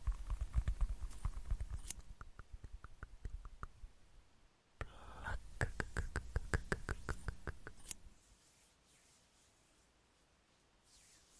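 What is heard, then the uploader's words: Quick plucking and snipping sounds with scissors, sharp clicks arriving in fast irregular bursts over soft rustling hand and mouth noises. A short pause near four seconds, another dense burst until about eight seconds, then near silence. ASMR PLUCKING AND PULLING WITH LAYERED SOUNDS, SCISSORS, MOUTH SOUNDS, HAND SOUNDS.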